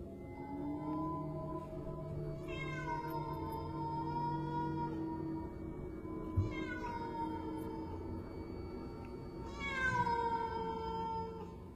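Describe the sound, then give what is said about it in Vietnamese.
A cat meows three times at night from a dark garden between two houses, as rain falls, each call long, wavering and high-pitched, spaced a few seconds apart over a steady low background rumble, with no one talking. “Tôi bất giác nghe như là có tiếng mèo kêu trong đêm.”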